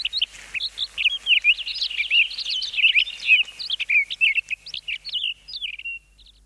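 Townsend's solitaire song: a continuous, fast, high-pitched warble of jumbled whistles and chirps, rising and falling without pause, then a thin sustained note and a few faint short notes at the end.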